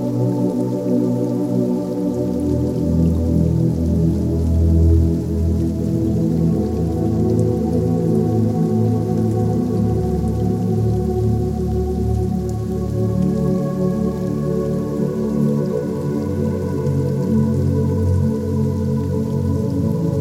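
Soft music plays steadily throughout, with warm, sustained low and middle tones that shift gently in pitch over the twenty seconds. A faint patter of light rain runs underneath, even, with no sudden events or changes in loudness.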